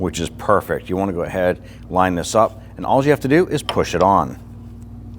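The greased socket end of a hood lift support (gas strut) on a 2010-2019 Ford Taurus is lined up with the ball stud on the body, ready to be pushed on, while someone talks over a steady low background hum. Nothing has seated or clicked yet.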